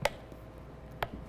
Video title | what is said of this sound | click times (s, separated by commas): How to use your Vitamix blender | if you could hear that but it clicked on both sides and you want to make sure that this is | 0.0 s, 1.0 s